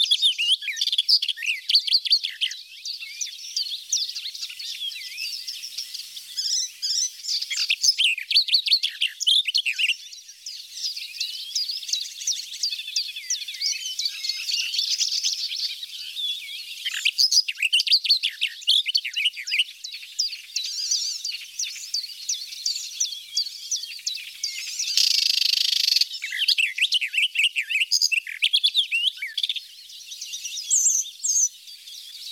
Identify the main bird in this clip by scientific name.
Sylvia nisoria